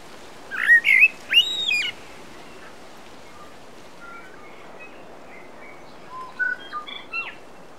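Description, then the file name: Common blackbird whistled phrases: several loud, fluty, warbling notes in the first two seconds, quiet soft notes, then a fainter burst of varied whistles near the end, over steady background hiss. "Turdus merula"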